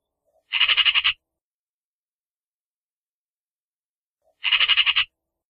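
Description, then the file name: Eurasian magpie giving harsh, rapid rattling chatter: two short bursts of dry chacks, roughly four seconds apart, with silence between. "Sonido de la Urraca"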